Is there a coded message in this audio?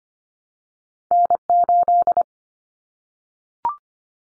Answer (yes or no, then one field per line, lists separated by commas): yes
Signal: Morse code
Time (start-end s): 1.1-2.2 s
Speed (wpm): 25 wpm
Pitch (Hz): 700 Hz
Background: none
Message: N8